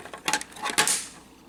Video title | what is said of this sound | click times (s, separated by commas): Tanaka MPF - 11 SPACE GUARD Starscream OVERSIZED TRANSFORMERS TOY REVIEW | I heard a snap yes | 0.8 s